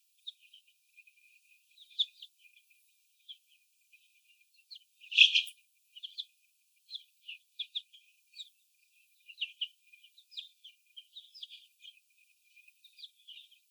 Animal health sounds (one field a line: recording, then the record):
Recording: young laying hens in a cage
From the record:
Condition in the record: before the stressor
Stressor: sudden umbrella opening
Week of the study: 2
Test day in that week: 1